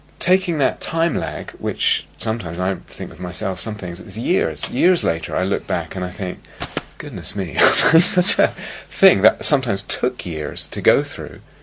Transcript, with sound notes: taking that time lag -- which sometimes, I think with myself, some things, it was years, years later, I look back and I think, "Goodness me!" [laughter] Such a thing that sometimes took years to go through,